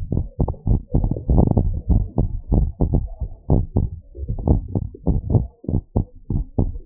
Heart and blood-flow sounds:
heart sounds
0.00	0.06	S1
0.06	0.26	systole
0.26	0.38	S2
0.38	0.68	diastole
0.68	0.80	S1
0.80	0.94	systole
0.94	1.08	S2
1.08	1.30	diastole
1.30	1.48	S1
1.48	1.62	systole
1.62	1.70	S2
1.70	1.90	diastole
1.90	2.04	S1
2.04	2.18	systole
2.18	2.28	S2
2.28	2.52	diastole
2.52	2.70	S1
2.70	2.88	systole
2.88	3.00	S2
3.00	3.26	diastole
3.26	3.34	S1
3.34	3.50	systole
3.50	3.62	S2
3.62	3.82	diastole
3.82	3.94	S1
3.94	4.12	systole
4.12	4.22	S2
4.22	4.48	diastole
4.48	4.62	S1
4.62	4.76	systole
4.76	4.84	S2
4.84	5.08	diastole
5.08	5.20	S1
5.20	5.34	systole
5.34	5.46	S2
5.46	5.70	diastole
5.70	5.82	S1
5.82	5.96	systole
5.96	6.06	S2
6.06	6.32	diastole
6.32	6.46	S1
6.46	6.64	systole
6.64	6.74	S2
6.74	6.86	diastole
From the record:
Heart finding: abnormal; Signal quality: good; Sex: male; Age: 61 years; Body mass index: 33

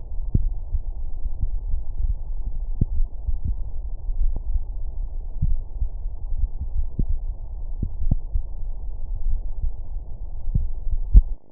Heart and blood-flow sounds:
heart sounds
0.00	0.42	diastole
0.42	0.56	S1
0.56	0.72	systole
0.72	0.82	S2
0.82	1.66	diastole
1.66	1.82	S1
1.82	2.02	systole
2.02	2.16	S2
2.16	2.94	diastole
2.94	3.08	S1
3.08	3.26	systole
3.26	3.38	S2
3.38	4.18	diastole
4.18	4.34	S1
4.34	4.50	systole
4.50	4.62	S2
4.62	5.42	diastole
5.42	5.58	S1
5.58	5.80	systole
5.80	5.88	S2
5.88	6.74	diastole
6.74	6.88	S1
6.88	7.08	systole
7.08	7.20	S2
7.20	8.02	diastole
8.02	8.18	S1
8.18	8.32	systole
8.32	8.42	S2
8.42	9.26	diastole
9.26	9.40	S1
9.40	9.62	systole
9.62	9.74	S2
9.74	10.52	diastole
10.52	10.68	S1
10.68	10.90	systole
10.90	11.04	S2
11.04	11.51	diastole
From the record:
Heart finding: coronary artery disease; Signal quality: good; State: rest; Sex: male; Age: 58 years

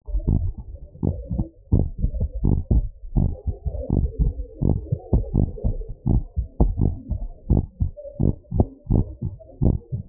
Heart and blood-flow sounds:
heart sounds
0.00	0.26	diastole
0.26	0.34	S1
0.34	0.55	systole
0.55	0.64	S2
0.64	1.03	diastole
1.03	1.10	S1
1.10	1.31	systole
1.31	1.44	S2
1.44	1.72	diastole
1.72	1.81	S1
1.81	2.02	systole
2.02	2.10	S2
2.10	2.45	diastole
2.45	2.54	S1
2.54	2.70	systole
2.70	2.80	S2
2.80	3.16	diastole
3.16	3.28	S1
3.28	3.45	systole
3.45	3.53	S2
3.53	3.93	diastole
3.93	4.04	S1
4.04	4.22	systole
4.22	4.30	S2
4.30	4.61	diastole
4.61	4.74	S1
4.74	4.93	systole
4.93	4.97	S2
4.97	5.33	diastole
5.33	5.44	S1
5.44	5.64	systole
5.64	5.75	S2
5.75	6.06	diastole
6.06	6.15	S1
6.15	6.37	systole
6.37	6.44	S2
6.44	6.78	diastole
6.78	6.89	S1
6.89	7.10	systole
7.10	7.16	S2
7.16	7.51	diastole
7.51	7.58	S1
7.58	7.81	systole
7.81	7.88	S2
7.88	8.21	diastole
8.21	8.28	S1
8.28	8.54	systole
8.54	8.63	S2
8.63	8.91	diastole
8.91	9.00	S1
9.00	9.20	systole
9.20	9.29	S2
9.29	9.63	diastole
9.63	9.71	S1
9.71	9.87	systole
9.87	9.99	S2
9.99	10.09	diastole
From the record:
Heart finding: normal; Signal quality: good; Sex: male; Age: 71 years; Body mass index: 28.9

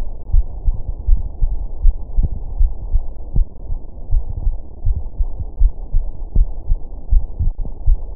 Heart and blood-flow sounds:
heart sounds
0.00	0.02	S2
0.02	0.32	diastole
0.32	0.46	S1
0.46	0.66	systole
0.66	0.76	S2
0.76	1.08	diastole
1.08	1.20	S1
1.20	1.42	systole
1.42	1.54	S2
1.54	1.82	diastole
1.82	1.96	S1
1.96	2.16	systole
2.16	2.30	S2
2.30	2.58	diastole
2.58	2.72	S1
2.72	2.92	systole
2.92	3.02	S2
3.02	3.34	diastole
3.34	3.46	S1
3.46	3.68	systole
3.68	3.78	S2
3.78	4.12	diastole
4.12	4.24	S1
4.24	4.44	systole
4.44	4.54	S2
4.54	4.86	diastole
4.86	5.00	S1
5.00	5.20	systole
5.20	5.30	S2
5.30	5.60	diastole
5.60	5.72	S1
5.72	5.94	systole
5.94	6.04	S2
6.04	6.36	diastole
6.36	6.48	S1
6.48	6.68	systole
6.68	6.78	S2
6.78	7.10	diastole
7.10	7.24	S1
7.24	7.40	systole
7.40	7.52	S2
7.52	7.86	diastole
7.86	8.00	S1
8.00	8.16	systole
From the record:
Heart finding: coronary artery disease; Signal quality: good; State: rest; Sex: female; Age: 79 years

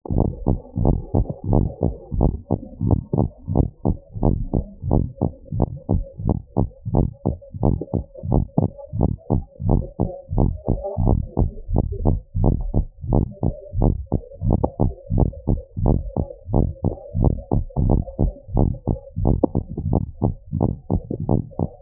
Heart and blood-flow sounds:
heart sounds
0.00	0.12	diastole
0.12	0.26	S1
0.26	0.48	systole
0.48	0.58	S2
0.58	0.82	diastole
0.82	0.96	S1
0.96	1.16	systole
1.16	1.28	S2
1.28	1.50	diastole
1.50	1.64	S1
1.64	1.84	systole
1.84	1.94	S2
1.94	2.18	diastole
2.18	2.32	S1
2.32	2.52	systole
2.52	2.60	S2
2.60	2.84	diastole
2.84	2.98	S1
2.98	3.18	systole
3.18	3.30	S2
3.30	3.52	diastole
3.52	3.66	S1
3.66	3.86	systole
3.86	3.98	S2
3.98	4.24	diastole
4.24	4.38	S1
4.38	4.58	systole
4.58	4.66	S2
4.66	4.88	diastole
4.88	5.02	S1
5.02	5.22	systole
5.22	5.32	S2
5.32	5.56	diastole
5.56	5.68	S1
5.68	5.90	systole
5.90	6.02	S2
6.02	6.24	diastole
6.24	6.36	S1
6.36	6.58	systole
6.58	6.68	S2
6.68	6.94	diastole
6.94	7.08	S1
7.08	7.32	systole
7.32	7.40	S2
7.40	7.64	diastole
7.64	7.78	S1
7.78	8.00	systole
8.00	8.06	S2
8.06	8.30	diastole
8.30	8.46	S1
8.46	8.64	systole
8.64	8.72	S2
8.72	8.96	diastole
8.96	9.10	S1
9.10	9.32	systole
9.32	9.42	S2
9.42	9.66	diastole
9.66	9.80	S1
9.80	10.00	systole
10.00	10.10	S2
10.10	10.36	diastole
10.36	10.50	S1
10.50	10.70	systole
10.70	10.80	S2
10.80	11.02	diastole
11.02	11.18	S1
11.18	11.40	systole
11.40	11.52	S2
11.52	11.74	diastole
11.74	11.86	S1
11.86	12.08	systole
12.08	12.20	S2
12.20	12.42	diastole
12.42	12.58	S1
12.58	12.76	systole
12.76	12.86	S2
12.86	13.10	diastole
13.10	13.26	S1
13.26	13.44	systole
13.44	13.54	S2
13.54	13.78	diastole
13.78	13.94	S1
13.94	14.14	systole
14.14	14.22	S2
14.22	14.46	diastole
14.46	14.58	S1
14.58	14.82	systole
14.82	14.94	S2
14.94	15.18	diastole
15.18	15.32	S1
15.32	15.50	systole
15.50	15.60	S2
15.60	15.82	diastole
15.82	15.98	S1
15.98	16.18	systole
16.18	16.28	S2
16.28	16.52	diastole
16.52	16.68	S1
16.68	16.86	systole
16.86	16.96	S2
16.96	17.20	diastole
17.20	17.34	S1
17.34	17.54	systole
17.54	17.64	S2
17.64	17.84	diastole
17.84	18.02	S1
18.02	18.22	systole
18.22	18.34	S2
18.34	18.56	diastole
18.56	18.70	S1
18.70	18.88	systole
18.88	18.98	S2
18.98	19.22	diastole
19.22	19.38	S1
19.38	19.56	systole
19.56	19.64	S2
19.64	19.88	diastole
19.88	20.02	S1
20.02	20.24	systole
20.24	20.34	S2
20.34	20.60	diastole
20.60	20.70	S1
20.70	20.92	systole
20.92	21.02	S2
21.02	21.28	diastole
21.28	21.40	S1
21.40	21.60	systole
21.60	21.70	S2
21.70	21.82	diastole
From the record:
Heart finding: normal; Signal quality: good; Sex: female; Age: 62 years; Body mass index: 32.4

